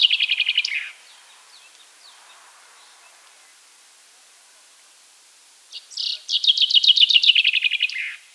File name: Fringilla coelebs